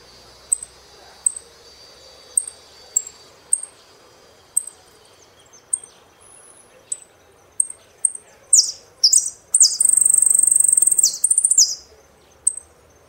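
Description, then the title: Saffron finch song: a run of spaced sharp high chips, then a loud burst of rapid buzzy trills near the end, with faint background hiss. "Jilguero Argentino"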